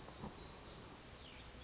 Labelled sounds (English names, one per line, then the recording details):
Black-throated Gray Warbler
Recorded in Sonoma County, California